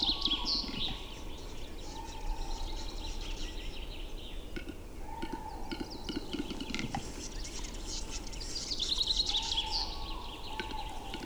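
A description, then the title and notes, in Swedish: A forest in late spring, with busy high birdsong over a low steady rumble, scattered sharp clicks, and drawn-out mid-pitched tones recurring throughout. Tjäderspelets ljudvärld. Här får du själv höra skogens alla ljud i slutet av april när tjäderspelet är på sin topp. Vi har spelat in en spelande tjädertupp med en Telinga SSM-mikrofon kopplad till en Olympus LS14.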